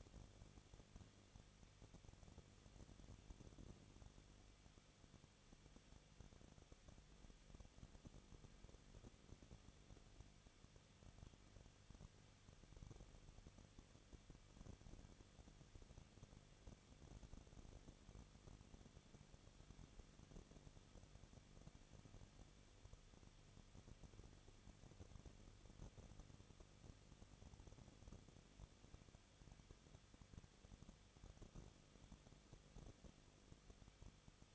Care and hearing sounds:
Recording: daily activity, microphone in the room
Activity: no activity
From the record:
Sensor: 4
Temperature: 23.1 degrees Celsius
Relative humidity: 34.0%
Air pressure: 1007.1 hPa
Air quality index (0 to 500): 217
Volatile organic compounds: 15 ppm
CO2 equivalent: 2509 ppm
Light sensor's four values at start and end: 2/3/1/1 and 2/3/1/1

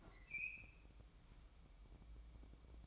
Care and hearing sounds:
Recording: daily activity, microphone in the room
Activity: open fridge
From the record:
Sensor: 1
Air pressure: 1007.9 hPa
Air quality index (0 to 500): 101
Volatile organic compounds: 1 ppm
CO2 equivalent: 860 ppm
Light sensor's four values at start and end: 12/28/11/13 and 12/28/11/13

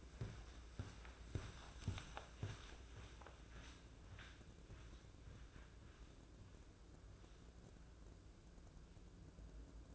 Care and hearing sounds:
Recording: daily activity, microphone in the room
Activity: walk to room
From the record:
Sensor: 2

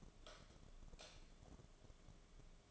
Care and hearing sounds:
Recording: daily activity, microphone in the room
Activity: light off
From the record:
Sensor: 4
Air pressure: 1011.1 hPa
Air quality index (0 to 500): 144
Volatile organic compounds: 3 ppm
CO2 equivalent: 1475 ppm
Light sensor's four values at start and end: 157/409/173/180 and 156/406/172/178

